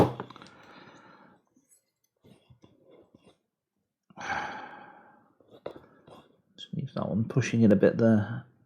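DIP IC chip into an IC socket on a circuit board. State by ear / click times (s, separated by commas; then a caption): not seated / none. A DIP integrated circuit chip is pushed into its IC socket on an RC2014 64K RAM module circuit board while someone talks, with faint handling ticks near the start and a brief sharp tap at about 5.7 s. The chip is still being handled, and nothing has seated or clicked yet.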